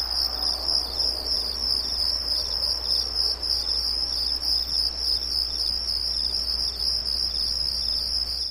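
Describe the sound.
Cricket chirping, a shrill high-pitched pulsing trill without pause, with a faint low hum underneath throughout.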